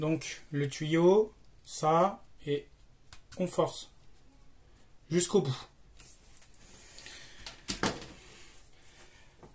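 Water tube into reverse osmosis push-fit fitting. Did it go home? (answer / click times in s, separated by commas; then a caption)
yes / 7.7 s, 7.8 s. Someone talks, then a plastic water tube is forced all the way into the push-in fitting of an Aqua Medic reverse osmosis unit, with soft handling sounds before two sharp clicks at 7.7 and 7.8 seconds. The tube clips in and is seated.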